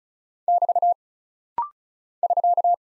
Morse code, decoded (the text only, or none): <BT> <SK>